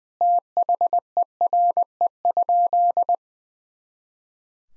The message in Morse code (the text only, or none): THERE?